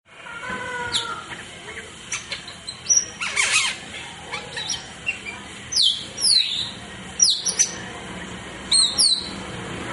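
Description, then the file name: Starling song of sharp, high downslurred whistles and chirps, with a harsh buzzy burst near the middle, phrases spaced unevenly over background noise. "rajaperling omkicau"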